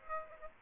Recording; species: mosquito wingbeat signal from an infrared sensor; Aedes aegypti